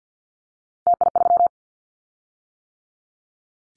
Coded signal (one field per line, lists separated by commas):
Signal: Morse code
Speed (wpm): 50 wpm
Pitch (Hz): 700 Hz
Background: none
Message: TI3